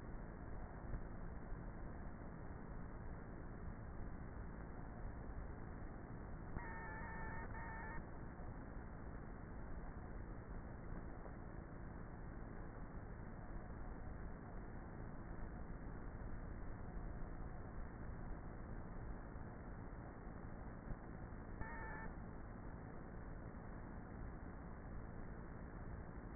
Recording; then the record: honeybee colony, microphone inside the hive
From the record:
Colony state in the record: queenless with a low population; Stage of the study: before two queens were removed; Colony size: about 30,000 bees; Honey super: no